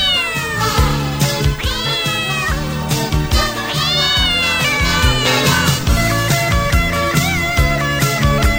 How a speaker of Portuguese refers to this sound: Miau, miau, miau, miau.